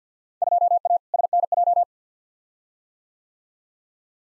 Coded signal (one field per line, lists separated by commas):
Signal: Morse code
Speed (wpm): 50 wpm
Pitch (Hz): 700 Hz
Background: none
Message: 2A SNJ